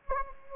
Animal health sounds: mosquito wingbeat signal from an infrared sensor; Anopheles gambiae

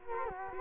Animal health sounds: mosquito wingbeat signal from an infrared sensor; Culex quinquefasciatus

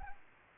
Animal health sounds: mosquito wingbeat signal from an infrared sensor; Anopheles gambiae

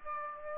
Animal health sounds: mosquito wingbeat signal from an infrared sensor; Aedes aegypti

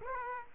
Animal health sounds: mosquito wingbeat signal from an infrared sensor; Culex quinquefasciatus

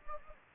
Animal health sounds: mosquito wingbeat signal from an infrared sensor; Anopheles gambiae

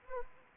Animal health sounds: mosquito wingbeat signal from an infrared sensor; Anopheles arabiensis

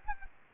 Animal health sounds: mosquito wingbeat signal from an infrared sensor; Culex quinquefasciatus

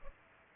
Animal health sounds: mosquito wingbeat signal from an infrared sensor; Culex pipiens

